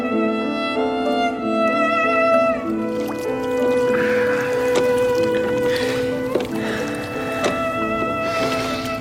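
Oars of a small rowing boat splash and dip in lake water at an unhurried, irregular pace as it is rowed toward Switzerland, in a radio serial of Ernest Hemingway's A Farewell to Arms; the soft watery strokes and drips sit beneath sustained, tonal orchestral music that fills the whole stretch.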